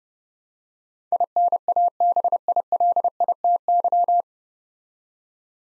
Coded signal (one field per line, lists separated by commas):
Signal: Morse code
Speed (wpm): 30 wpm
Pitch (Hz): 700 Hz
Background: none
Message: INABILITY